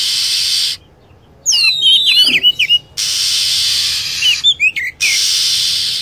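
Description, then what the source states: Rapid jumbled lovebird chirps and twitters, a second shorter burst later, with long blocks of steady hissing noise. Lure sound for attracting lovebirds.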